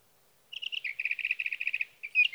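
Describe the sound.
Sage thrasher song with a rapid string of repeated chattering notes, steady in pitch, ending in a brief slurred flourish.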